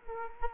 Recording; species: mosquito wingbeat signal from an infrared sensor; Culex quinquefasciatus